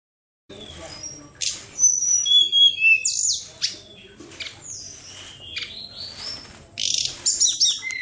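Bird song: a rapid, varied run of high chirps, thin whistles and sharp slurred notes, loud bursts alternating with quieter stretches after a brief opening silence.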